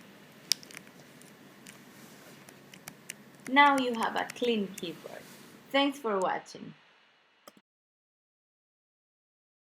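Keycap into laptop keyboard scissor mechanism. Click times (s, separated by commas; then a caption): 0.5 s. A plastic keycap is pressed back onto the metal retainer clips of a MacBook laptop keyboard's scissor mechanism, and it snaps into place with a sharp click at 0.5 s, followed by a few faint ticks. The key is seated, and then someone talks briefly before a last soft tick near 7.5 s.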